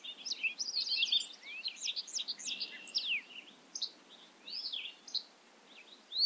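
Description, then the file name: Bobolink singing a fast, bubbly cascade of squeaky, twangy notes with sliding pitches, thinning out into scattered chirps toward the end. Recorded at Ferme Beauchamp. "A bobolink talks to you from Ferme Beauchamp"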